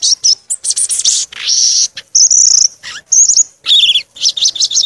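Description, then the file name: Violaceous euphonia song: loud, high buzzy phrases and sustained squeaky notes, ending in a quick series of jagged up-and-down chirps. "canto do gaturamo verdadeiro"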